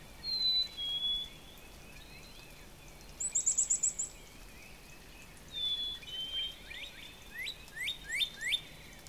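Northern Cardinal song: clear whistles sliding down, a brief high trill, more down-sliding whistles, then four quick rising slurred notes.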